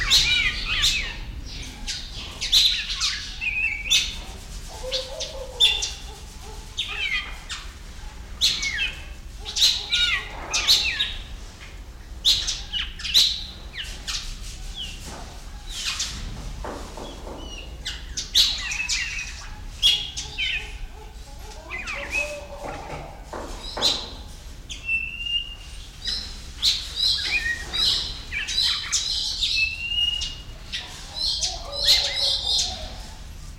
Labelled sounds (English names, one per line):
Emerald Starling